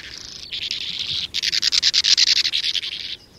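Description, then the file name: Sand martin rasping twitter: a rapid run of dry, gritty pulses, swelling louder midway then stopping abruptly. "Brzegówka"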